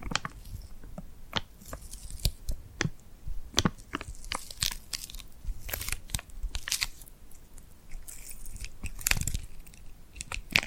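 Glued hands are pressed together and pulled apart, making sharp sticky crackles and peeling snaps. The clicks come quickly and irregularly, several each second, with brighter tearing bursts around two, six and nine seconds. Quiet low rustling fills the gaps between them.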